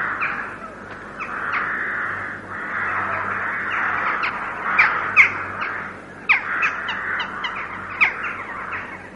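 Carrion crow calls: hoarse, drawn-out caws, several overlapping, then sharper clipped notes in the second half, over a low background hum.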